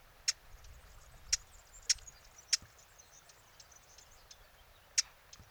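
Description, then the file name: Eurasian blackcap tack calls: loud, abrupt clicking notes in a quick irregular series, then a pause before one more. "Sylvia atricapilla"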